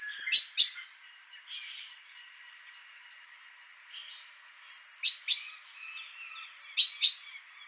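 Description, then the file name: Great tit calls: high slurred notes dropping into two ringing piping notes, repeated three times with quiet gaps between. "Parus major"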